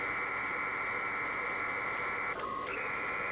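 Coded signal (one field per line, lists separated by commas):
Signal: HF data modem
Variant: PACTOR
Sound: steady wide rushing data hiss, a short break with a single tone, then hiss resumes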